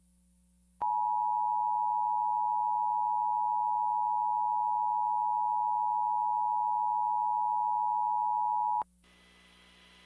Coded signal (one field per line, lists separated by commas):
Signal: Emergency Alert System (SAME) tones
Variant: 853 and 960 Hz attention tone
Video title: Emergency Alert System - 6/26/2015 6:25pm